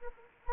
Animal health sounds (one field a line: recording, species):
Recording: mosquito wingbeat signal from an infrared sensor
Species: Anopheles arabiensis